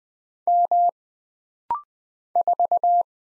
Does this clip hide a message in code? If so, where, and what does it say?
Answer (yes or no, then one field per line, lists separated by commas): yes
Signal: Morse code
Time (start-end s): 0.5-3.0 s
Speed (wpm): 20 wpm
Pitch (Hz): 700 Hz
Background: none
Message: M 4